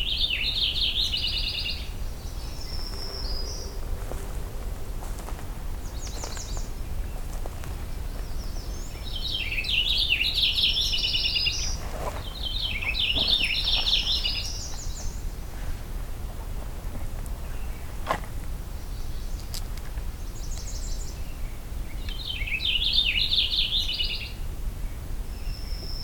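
A subdued morning bird chorus: bright, twittering song phrases come in bursts every few seconds, strongest around 0–2, 10–14 and 22–25 seconds, with thinner high chirps between them. A steady low rumble and hiss run underneath the whole time.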